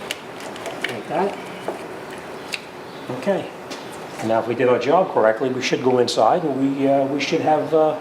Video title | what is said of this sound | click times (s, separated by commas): Diagnose And Repair No AC Fan / No Heat / No Fan Speeds | So we'll just make sure it locks in place. Like that. | 0.1 s, 0.9 s